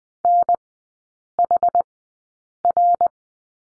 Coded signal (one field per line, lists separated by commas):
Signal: Morse code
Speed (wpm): 20 wpm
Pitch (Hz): 700 Hz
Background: none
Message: NHR